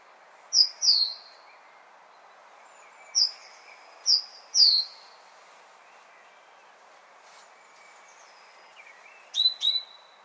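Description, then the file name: Great tit with clipped, high, downslurred chirps in pairs and singles, spaced a second or two apart, plus a brief burst near the end over low hiss. "Parus major"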